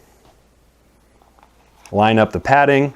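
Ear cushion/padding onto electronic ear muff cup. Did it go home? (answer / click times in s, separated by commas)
no / none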